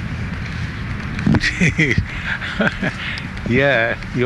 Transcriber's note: laughing